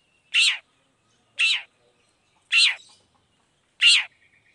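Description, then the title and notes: Long-tailed shrike: four loud, rasping notes spaced just over a second apart. Long-tailed shrike singing varied 'toet toet' notes in the morning, played to provoke other shrikes into responding. "Cendet Gacor Dor Di Kala Pagi Toet Toet Variasi Suara. Cendet Gacor Langsung Nyaut Emosi Hanya dengan Sekali Putar Bikin Cendet Lainya Cepat Respon Bunyi. Burung cendet"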